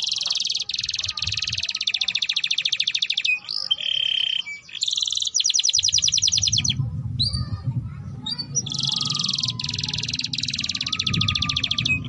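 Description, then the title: Domestic canary delivering long buzzy rolls, a brief steady whistle, and repeated fast trills, with a low hum in the background. Song used to warm up Belgian canaries and to tutor young canaries so they start singing quickly. "Canto Para Esquentar Canário Belga. Suara Pancingan Kenari Gacor || Masteran Kenari Paud Agar Cepat Bunyi"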